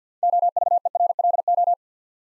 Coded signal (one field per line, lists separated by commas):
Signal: Morse code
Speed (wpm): 51 wpm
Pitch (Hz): 700 Hz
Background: none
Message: OVERLO